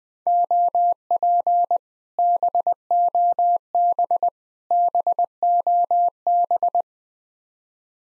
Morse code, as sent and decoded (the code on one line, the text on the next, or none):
--- .--. / -... --- -... / -... --- -...
OP BOB BOB